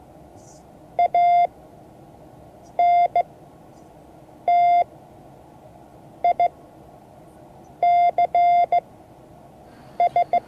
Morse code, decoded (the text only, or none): ANTICS